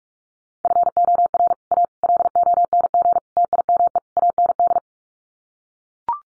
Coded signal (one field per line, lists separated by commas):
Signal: Morse code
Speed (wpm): 44 wpm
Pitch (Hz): 700 Hz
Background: none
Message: FOR A LONG TIME AND